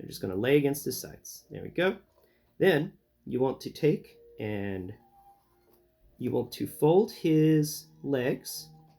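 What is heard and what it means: Someone talks while handling a plastic transforming toy robot, with the arms lowered to lie against its sides and the legs about to be folded up toward its chest. Between stretches of talk there are only faint handling sounds. Nothing has seated or clicked yet.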